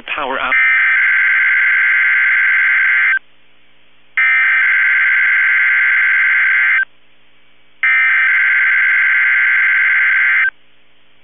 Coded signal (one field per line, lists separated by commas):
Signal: Emergency Alert System (SAME) tones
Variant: header bursts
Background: speech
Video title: Required Weekly Test (EAS 1264)